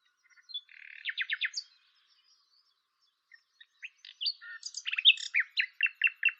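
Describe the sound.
Common nightingale song: a short rattling phrase, a pause, then scattered whistled notes building into a varied run of sharp repeated notes.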